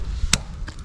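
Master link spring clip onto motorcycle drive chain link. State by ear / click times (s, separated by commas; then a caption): seated / 0.3 s. The steel spring clip of a chain master link is pushed onto the link pins of a pit bike's motorcycle drive chain with a screwdriver or pliers, and it snaps into place with a sharp, bright click at 0.3 s. Two fainter ticks follow at 0.7 s and 0.8 s over a low background rumble. The clip is seated.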